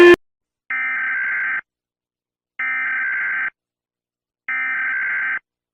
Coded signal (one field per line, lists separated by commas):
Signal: Emergency Alert System (SAME) tones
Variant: header bursts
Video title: Rating EAS Alarms